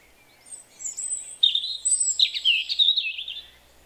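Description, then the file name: European robin song: thin high drawn notes, then a fast rippling warble of rapid trilled elements lasting about two seconds. "Erithacus rubecula"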